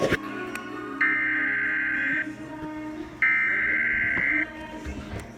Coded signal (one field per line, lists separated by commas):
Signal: Emergency Alert System (SAME) tones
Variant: header bursts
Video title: Flash Flood Warning EAS #114